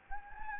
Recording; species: mosquito wingbeat signal from an infrared sensor; Anopheles gambiae